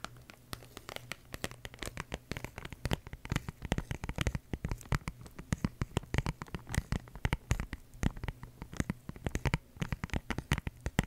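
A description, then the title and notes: ASMR tapping: sharp, dry taps fall in quick, uneven bursts for the full eleven seconds, with brief gaps between clusters. Each tap is short and crisp, with a faint crinkling, scratchy texture and a low steady hum underneath. ASMR Tapping For Sleep (No Talking).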